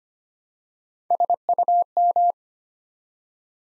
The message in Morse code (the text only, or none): SUM